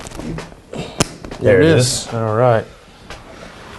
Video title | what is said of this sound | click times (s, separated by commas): 02-06 Ford F250/350 Excursion Driver Top Leather Cover Replacement | you should hear them snap when you get it set there | 1.0 s